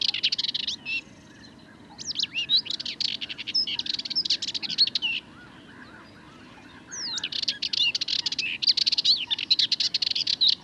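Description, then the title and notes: Sardinian warbler: fast, buzzy chattering song phrases with gliding high notes, broken by two pauses of about one to two seconds, over faint background hiss. 22 March 2019, Le Charnier, Camargue; at twilight, before full daylight; long monologue of incredibly nervous, rapid song; Wildtronic parabola, MKH8020 microphone, MixPre 3 recorder. "Le Charnier - Camargue. une Fauvette mélanocéphale (Sylvia melanocephala)"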